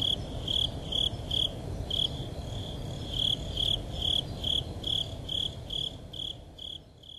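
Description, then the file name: Japanese burrowing cricket giving bright, high chirps at a quick regular pace, briefly faltering early on and then resuming, over a low background hum. "tuzuresase"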